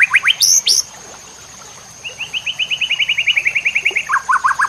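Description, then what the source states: White-rumped shama giving a few loud sharp notes, then a long fast run of repeated whistled notes dropping into lower quick notes, with a high steady whine. Murai batu labaik song used to train caged birds.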